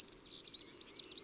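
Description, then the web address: European serin singing a shrill, hurried jingle of tinkling, buzzy notes, continuous and very high-pitched. In March. "Mars Le Serin cini. album les-4-saisons-des-chants-doiseaux"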